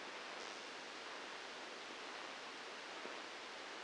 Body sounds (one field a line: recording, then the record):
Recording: brain microelectrode recording played as sound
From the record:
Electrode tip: outside the subthalamic nucleus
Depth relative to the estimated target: 2 mm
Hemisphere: left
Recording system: NeuroSet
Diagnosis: Parkinson's disease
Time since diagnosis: 8 years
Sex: male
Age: 59 years